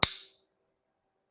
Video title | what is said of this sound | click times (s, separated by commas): Essa é a chave para eliminar os problemas da sua máquina | quer saber nesse estralinho se você não ouvir esse barulhinho ela não está encaixado então | 0.0 s